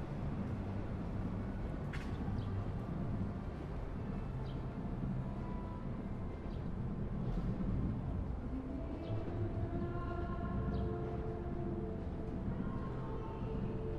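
A tram moves through a city square, with steady low rumbling traffic noise, brief metallic squeals around two and seven seconds, and rising whining tones later.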